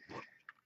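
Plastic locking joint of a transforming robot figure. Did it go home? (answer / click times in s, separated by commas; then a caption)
no / none. Someone handles the rotating plastic locking parts of a Transformers Combiner Wars Voyager Optimus Prime robot figure, with a rustling scrape from about 0.1 to 0.25 s and then a sharp snap at 0.5 s as the parts pop apart again. Nothing has locked into place yet; the lock did not hold.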